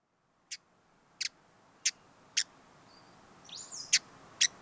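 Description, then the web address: Hooded visorbearer producing six clipped, high chips, the first four about every half second to two-thirds of a second, then a gap of about one and a half seconds before the last two, with a soft note from another bird in the background. "sound Hooded-visorbearer. صدای-پرنده-آفتابگیر-کلاهدار"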